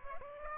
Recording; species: mosquito wingbeat signal from an infrared sensor; Aedes aegypti